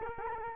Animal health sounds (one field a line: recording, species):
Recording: mosquito wingbeat signal from an infrared sensor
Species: Culex quinquefasciatus